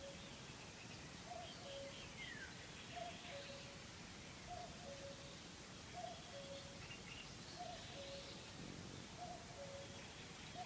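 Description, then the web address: Common cuckoo repeating a falling two-note cu-coo about every one and a half seconds, seven times, with soft twittering of other birds and steady background hiss. Recorded June 2013 at Sturmai, Lithuania, and Rügen. "Irfan 2013 06 HHLitauen Ruegen Sturmai Kuckuck"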